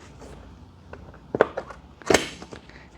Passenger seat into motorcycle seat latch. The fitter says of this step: And then push down and you'll hear it click.